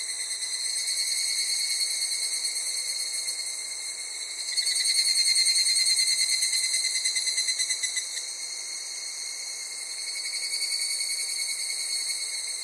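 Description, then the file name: Cicadas singing in a continuous high, shrill chorus with a fast pulsing texture that swells louder around the middle before settling back. Chorus of Japanese cicadas in summer at Takao, Japan. "INSECT TAKAO JAPANESE CICADAS SUMMER"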